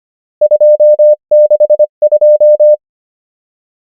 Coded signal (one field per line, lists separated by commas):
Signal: Morse code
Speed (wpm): 25 wpm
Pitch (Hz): 600 Hz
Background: none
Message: 262